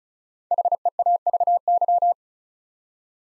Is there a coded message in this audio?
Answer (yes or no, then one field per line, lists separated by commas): yes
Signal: Morse code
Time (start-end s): 0.5-2.1 s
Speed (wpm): 34 wpm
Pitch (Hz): 700 Hz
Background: none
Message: HEAVY